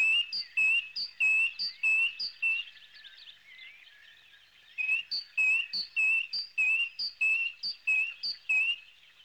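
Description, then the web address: Bird chirping, a string of ringing notes, a quieter twittering gap, then another rhythmic run of the same chirps. "animali uccelli uccelli birds"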